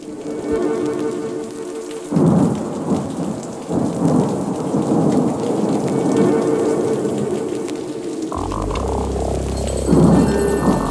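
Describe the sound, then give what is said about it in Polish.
Steady rain hisses and patters throughout while deep rolls of thunder rumble in waves, with a heavy low-frequency boom swelling near the end of a summer storm. “A może coś pomiędzy, może właśnie taka letnia burza?”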